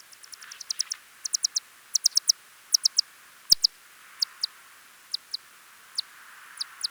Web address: Nyctophilus geoffroyi N geoffroyi